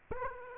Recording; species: mosquito wingbeat signal from an infrared sensor; Aedes aegypti